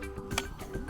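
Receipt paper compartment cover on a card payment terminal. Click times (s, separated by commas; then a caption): 0.4 s. After a new thermal paper roll is loaded into a SumUp Solo card payment terminal and the paper end is draped over the notch, the plastic cover of the receipt printer's paper compartment is pressed closed. A sharp, short click at 0.4 seconds rises over steady background music. The lid is shut and seated.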